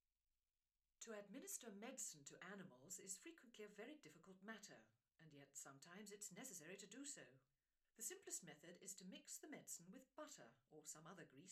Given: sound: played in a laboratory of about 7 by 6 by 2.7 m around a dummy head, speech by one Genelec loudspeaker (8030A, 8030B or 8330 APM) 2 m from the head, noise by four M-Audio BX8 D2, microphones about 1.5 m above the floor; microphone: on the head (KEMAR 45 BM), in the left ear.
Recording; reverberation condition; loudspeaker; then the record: female speech in English; low; 120 degrees to the left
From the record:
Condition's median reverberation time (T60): about 310 ms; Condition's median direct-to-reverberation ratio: about 3.5 dB